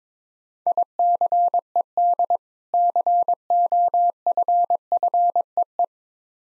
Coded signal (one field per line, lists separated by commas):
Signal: Morse code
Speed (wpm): 22 wpm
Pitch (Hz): 700 Hz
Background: none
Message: ICED COFFEE